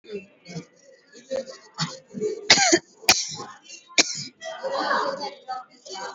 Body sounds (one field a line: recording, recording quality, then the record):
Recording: shallow voluntary cough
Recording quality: excellent, no background noise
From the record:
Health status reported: healthy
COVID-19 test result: not tested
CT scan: not taken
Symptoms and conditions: none ticked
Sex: female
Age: 45 years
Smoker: no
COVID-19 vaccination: one dose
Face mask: worn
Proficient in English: no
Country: India